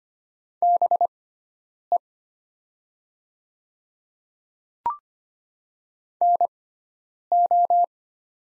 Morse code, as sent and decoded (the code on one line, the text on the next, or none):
-... . / -. ---
BE NO